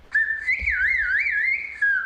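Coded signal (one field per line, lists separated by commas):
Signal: whistled language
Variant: Turkish kuş dili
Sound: a clear gliding whistle, rising and falling in several quick waves, about two seconds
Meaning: Don't forget to call Ahmet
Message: Ahmet'i aramayı unutma.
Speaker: He's helped to make an app that his students who've already learned how to whistle can practice with. Ahmet'i aramayı unutma.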